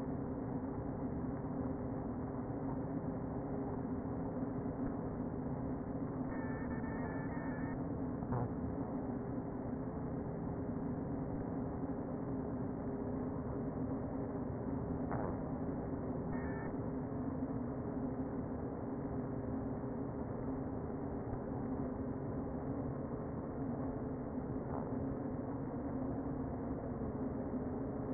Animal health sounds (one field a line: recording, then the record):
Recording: honeybee colony, microphone inside the hive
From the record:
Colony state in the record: queen present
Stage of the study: before two queens were removed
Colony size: about 60,000 bees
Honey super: yes